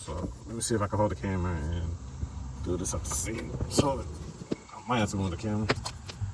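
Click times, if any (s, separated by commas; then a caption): 6.1 s. An electrical plug from the wiring harness is pushed back onto the crankshaft position sensor of a Dodge, tab facing outward, while someone talks. A single short, sharp click at 6.1 seconds marks the connector latching and seating in place.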